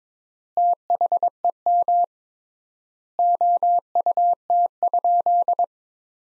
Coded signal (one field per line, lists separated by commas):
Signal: Morse code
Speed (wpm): 22 wpm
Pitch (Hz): 700 Hz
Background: none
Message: THEM OUT?